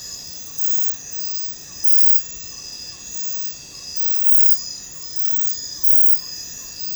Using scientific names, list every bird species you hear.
Glaucidium brasilianum